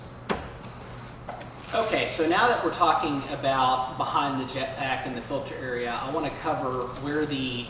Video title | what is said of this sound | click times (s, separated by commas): 2023 Bullfrog Spas A Series Spa School Tutorial | and then pull tightly against the wall so it clicks | 0.3 s